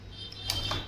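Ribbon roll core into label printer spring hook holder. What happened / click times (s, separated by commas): The ribbon roll is being handled and has not yet locked into its holder / none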